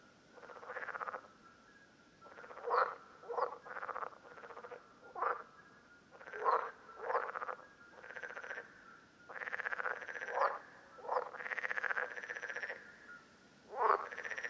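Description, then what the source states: Parsley frogs giving short, creaky pulsed croaks in separate bursts, with a steady thin tone running behind them. Several frogs recorded at Lerouville, Lorraine, France, on 5 June 2022.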